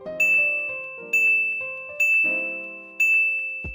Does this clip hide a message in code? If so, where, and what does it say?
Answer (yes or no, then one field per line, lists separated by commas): no